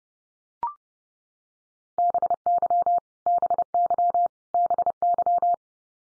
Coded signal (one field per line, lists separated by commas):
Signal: Morse code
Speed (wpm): 30 wpm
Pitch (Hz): 700 Hz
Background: none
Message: BY BY BY